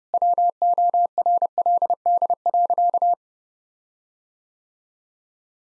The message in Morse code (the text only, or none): WORLD.